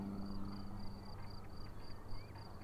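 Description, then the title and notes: Crickets chirping in a steady series of high pulses over a low droning engine hum. Crickets chirping at Vogtsburg im Kaiserstuhl, Germany, with a view over the wide plain; engine noise from a small aircraft is heard. "Unnamed Road, 79235 Vogtsburg im Kaiserstuhl, Deutschland - Grillen zirpen. Zirpen der Grillen. Motorenlärm eines Kleinflugzeugs"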